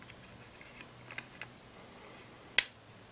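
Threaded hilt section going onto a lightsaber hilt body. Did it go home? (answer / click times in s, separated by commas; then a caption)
yes / 2.6 s. A threaded metal lightsaber hilt section is turned backwards on the hilt body, against the tightening direction, to find the thread start, with a few faint soft ticks as it rotates. At 2.6 s a sharp, bright click sounds as the threads drop into engagement, and the section is seated on the thread start.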